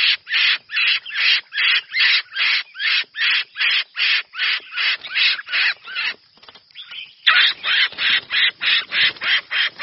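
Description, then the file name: Red-whiskered bulbul giving harsh, rasping calls repeated rapidly, about three per second, with a brief break of softer, scratchier notes midway. Distress call. "Tieng chao mao keu cuu"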